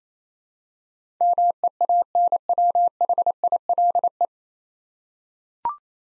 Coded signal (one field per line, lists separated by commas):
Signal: Morse code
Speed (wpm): 27 wpm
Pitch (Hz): 700 Hz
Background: none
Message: MEANWHILE